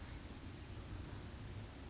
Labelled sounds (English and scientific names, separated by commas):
Blue-gray Gnatcatcher (Polioptila caerulea)